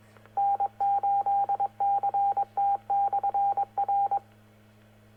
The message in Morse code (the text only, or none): N8CT/R